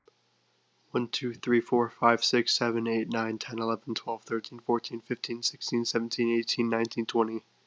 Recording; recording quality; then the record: counting at a fast pace; excellent, no background noise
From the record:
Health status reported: COVID-19 positive, mild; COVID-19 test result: positive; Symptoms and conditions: cold, sore throat, fatigue, muscle pain, loss of smell and taste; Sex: male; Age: 20 years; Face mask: not worn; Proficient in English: yes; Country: United States